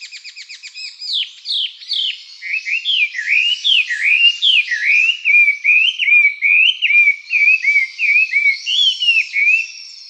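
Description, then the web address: Chinese hwamei singing a long, varied sequence of sweet whistled notes that swoop up and down, starting with quick fluttery notes, then a steady run of flowing phrases. "birdenaga gabityou"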